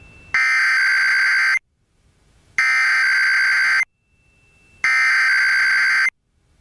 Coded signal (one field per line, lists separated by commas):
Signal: Emergency Alert System (SAME) tones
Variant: header bursts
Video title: [EAS #2405-#2410] The IPAWS Weekly has returned